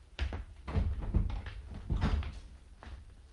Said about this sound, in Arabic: استني انتي انا هفتح له الباب.